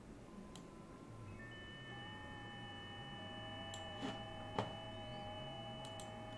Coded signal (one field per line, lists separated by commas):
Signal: FT8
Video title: SunSDR2 in the FT8 mode